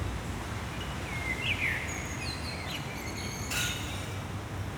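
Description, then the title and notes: Common Blackbird song: a short warble with a few higher notes, over a steady low traffic rumble. Singing from the town hall roof at Place Maurice van Meenen, Saint-Gilles, Belgium; rainy day, cars on wet road; binaural headset into iPhone. "Place Maurice van Meenen, 1060 Saint-Gilles, Belgique - Blackbird, cars, trams, bottles, rainy day. Un merle chante sur le toit de la maison communale, des voitures passent sur la chaussée humide, les trams remontent l'avenue, quelqu'un jette des bouteilles dans la bulle à verre, jour pluvieux"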